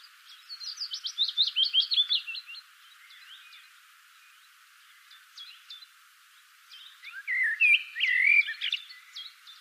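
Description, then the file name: Common blackbird song: a quick run of high stuttering notes at first, quiet spell with faint ticks, then a mellow warbled phrase ending in scratchy high twitters. "Turdus merula"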